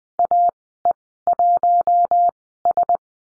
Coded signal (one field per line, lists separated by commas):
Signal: Morse code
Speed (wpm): 20 wpm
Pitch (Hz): 700 Hz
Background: none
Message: AE1S